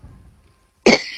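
A single sharp cough bursts out after a quiet pause, from an adult woman who has a cough and cold.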